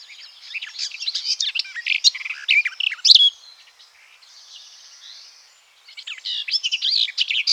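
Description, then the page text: Garden warbler song: fast, rambling warbled phrases of mixed chirps and trills, a pause near the middle, then a fresh burst of continuous warbling. "Garden Warbler Song. Quick Sounds"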